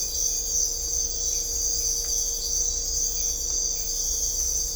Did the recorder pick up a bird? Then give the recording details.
no. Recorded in dense forest near Puerto Asís, Putumayo, Colombia, on 16 December 2024 at 05:00. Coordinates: 0.500, -76.322. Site G053